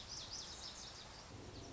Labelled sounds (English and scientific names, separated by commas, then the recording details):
Lazuli Bunting (Passerina amoena)
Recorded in Sonoma County, California